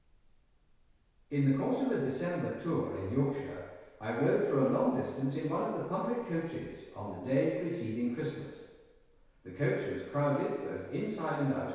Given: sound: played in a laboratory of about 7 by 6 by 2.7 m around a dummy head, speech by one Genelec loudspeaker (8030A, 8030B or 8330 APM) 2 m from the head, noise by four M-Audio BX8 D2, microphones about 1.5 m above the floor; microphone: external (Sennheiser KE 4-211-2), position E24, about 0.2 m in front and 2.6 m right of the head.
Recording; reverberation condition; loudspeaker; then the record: male speech in English; high; in front (0 degrees)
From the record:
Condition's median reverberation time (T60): about 1300 ms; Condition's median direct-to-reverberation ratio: about -4.0 dB